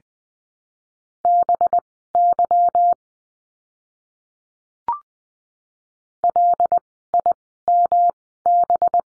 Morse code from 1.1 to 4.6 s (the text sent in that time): BY